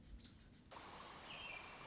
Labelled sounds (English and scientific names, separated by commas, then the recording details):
American Robin (Turdus migratorius)
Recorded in Sonoma County, California